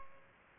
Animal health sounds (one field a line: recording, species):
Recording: mosquito wingbeat signal from an infrared sensor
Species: Aedes aegypti